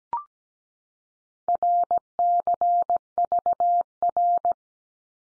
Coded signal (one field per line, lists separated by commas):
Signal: Morse code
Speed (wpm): 17 wpm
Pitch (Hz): 700 Hz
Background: none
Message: RCVR